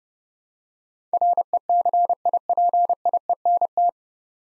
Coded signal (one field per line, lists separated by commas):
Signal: Morse code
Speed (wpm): 29 wpm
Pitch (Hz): 700 Hz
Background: none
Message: RECIPIENT